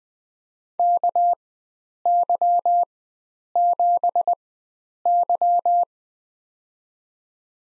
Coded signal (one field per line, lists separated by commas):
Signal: Morse code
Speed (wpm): 20 wpm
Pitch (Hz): 700 Hz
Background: none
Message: KY7Y